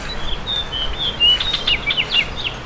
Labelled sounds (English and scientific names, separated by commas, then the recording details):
House Finch (Haemorhous mexicanus) song
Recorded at East Hampton on Long Island, New York, on 15 June 2013
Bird B